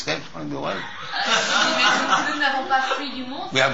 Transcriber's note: laughter